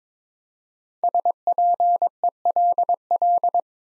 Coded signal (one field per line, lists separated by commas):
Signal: Morse code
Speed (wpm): 22 wpm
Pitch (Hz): 700 Hz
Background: none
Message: SPELL